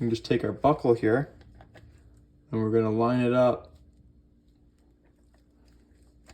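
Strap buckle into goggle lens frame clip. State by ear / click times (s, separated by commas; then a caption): not seated / none. Someone talks while lining up the plastic strap buckle with its clip on the lens frame of a BNKR CMD goggle, before pushing it forward. Only faint handling and positioning ticks are heard, around 1.6, 2.2, 5.3, 5.7 and 6.3 seconds. Nothing has seated or clicked yet.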